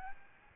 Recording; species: mosquito wingbeat signal from an infrared sensor; Aedes albopictus